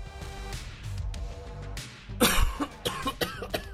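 Music fades into a series of about four short, harsh adult coughs; a plain cough with no clear features.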